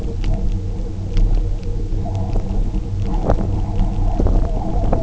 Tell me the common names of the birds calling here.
none